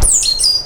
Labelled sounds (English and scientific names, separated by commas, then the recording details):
Stitchbird (Notiomystis cincta) song
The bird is a male
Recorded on Tiritiri Matangi Island, New Zealand, in 2005
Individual 12, of nest box 16